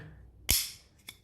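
With the cover removed and a screwdriver prying, a plastic retaining clip on a wall outlet or switch mechanism in its mounting box lets go with a sharp click at 0.5 s, followed by a faint tick at 1.1 s. The clip pops free and the mechanism is released, the click meaning the job is done.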